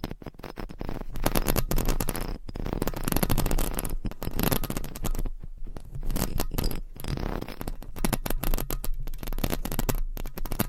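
Mic scratching, a dense continuous rasp of rough scraping strokes with brief dropouts near four and seven seconds, low rumbling underneath.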